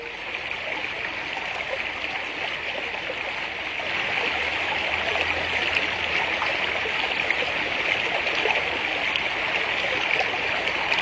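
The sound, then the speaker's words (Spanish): Water runs steadily along an old ditch in a constant rushing, burbling flow that grows a little louder partway through, with no voices or other sounds. “El viejo zanjón aún sigue llevando al agua de voces cordilleranas, entre las que seguramente va también despertando conciencias y arrullando utopías”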